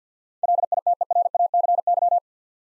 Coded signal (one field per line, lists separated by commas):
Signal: Morse code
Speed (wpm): 50 wpm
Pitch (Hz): 700 Hz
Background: none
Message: LITERACY